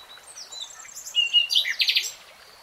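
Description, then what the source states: Nightingale song, a short varied phrase of thin whistles rising into a quick burst of harsh, rattling notes. Singing in real time, not sped up or slowed.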